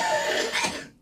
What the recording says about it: A little croup. You got croup in your throat.